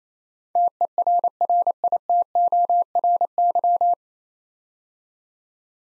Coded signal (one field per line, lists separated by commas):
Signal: Morse code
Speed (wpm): 28 wpm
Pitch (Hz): 700 Hz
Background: none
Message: TERRITORY